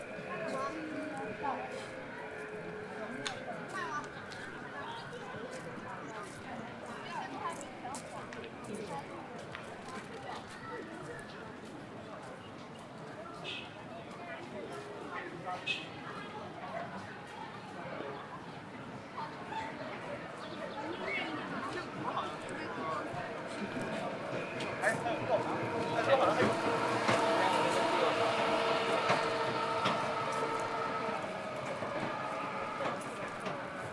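Crowd murmur at Beijing's Ditan fills the air with steady overlapping voices and sharp clicks, growing louder and busier after about 25 seconds.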